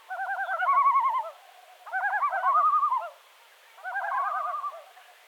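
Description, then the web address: Yellow-billed loon tremolo calls from several birds, rapid quavering laughing phrases overlapping in three bursts about a second long each. Display calling by several birds. "gavia adamsii tokovanie neskolkih ptic"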